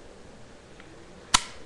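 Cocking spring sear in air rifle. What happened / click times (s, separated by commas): A spring-loaded cocking latch caught with a sharp click / 1.4 s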